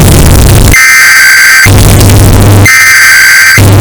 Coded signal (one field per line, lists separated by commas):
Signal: Emergency Alert System (SAME) tones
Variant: header bursts